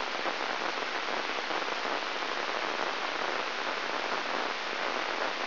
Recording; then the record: brain microelectrode recording played as sound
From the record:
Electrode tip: inside the subthalamic nucleus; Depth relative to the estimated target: -1 mm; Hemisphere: right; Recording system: AlphaMap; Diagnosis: Parkinson's disease